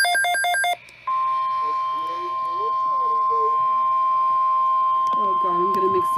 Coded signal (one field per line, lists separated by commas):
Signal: Emergency Alert System (SAME) tones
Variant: 1050 Hz attention tone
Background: speech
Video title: ADRENALINE: 4 2 0| EAS Alerts from June 29th, 2023